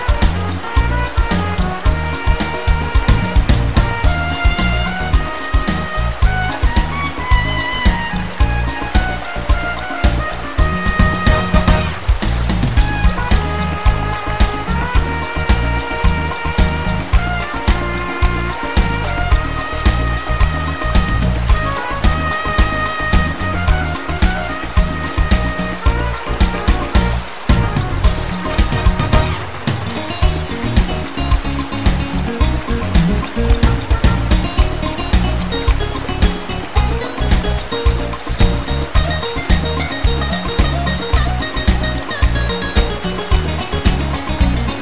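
Soothing music plays continuously, full and loud from start to finish, with a steady, regular pulse and a solid low bass. Sustained melodic tones shift through the middle and upper range, and there's a brief break near the thirty-second mark before the music resumes.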